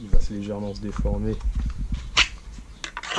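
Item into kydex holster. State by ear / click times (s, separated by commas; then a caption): seated / 2.8 s, 3.0 s. An item is pushed into a moulded kydex holster, which deforms slightly and then closes back around it while someone talks. Two sharp snaps at 2.8 s and 3.0 s mark the retention clamping, and the item is seated.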